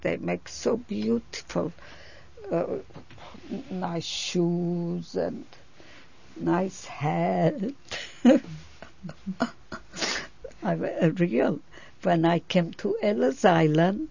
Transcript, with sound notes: They make so beautiful, nice shoes and nice hat. ( she laughs ) When I came to Ellis Island